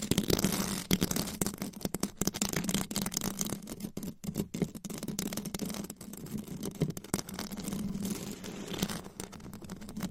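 Fast, aggressive tapping and scratching with nails on different items, a dense run of sharp clicks and rough scraping strokes that barely pause. A steady low hum sits underneath throughout, and the scratching turns rougher and louder in bursts near the start and again around eight seconds.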